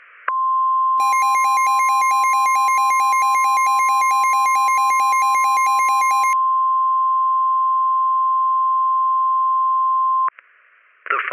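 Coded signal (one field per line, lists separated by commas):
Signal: Emergency Alert System (SAME) tones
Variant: 1050 Hz attention tone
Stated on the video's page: Fictional EAS scenario.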